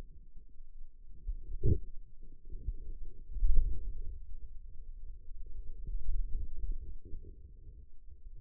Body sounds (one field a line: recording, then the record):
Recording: forearm muscle sounds (acoustic myography)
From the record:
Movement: wrist extension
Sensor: system 2, bracelet of six BSWA MPA416 microphones around the upper forearm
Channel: 2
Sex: male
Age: 22 years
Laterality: right